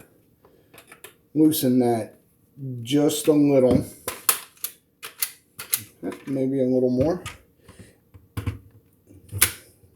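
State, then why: Seated. Someone talks while working the sprung plastic dust flap in a game console's cartridge slot after slightly loosening the screw that holds it, with a few short plastic taps and clicks along the way. At 9.4 s the flap snaps shut with a sharp click, seated closed.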